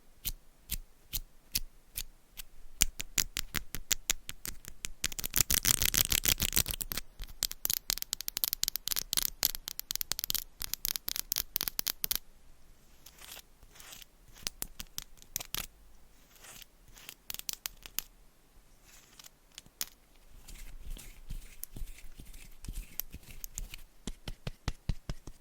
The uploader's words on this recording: Scratching , Tapping & Massage with DIFFERENT Mics , Items & Nails.